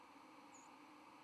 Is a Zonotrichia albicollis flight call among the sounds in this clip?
yes